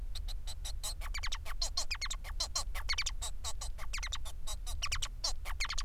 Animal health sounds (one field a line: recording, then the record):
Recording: song of a male Bengalese finch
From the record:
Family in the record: son of father 4